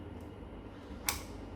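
A plastic protective gimbal cover on the camera of a DJI Mavic Mini 3 Pro drone is gently pressed and taken off. Against a low background hum, a single sharp, loud snap is heard at 1.1 s as the cover releases.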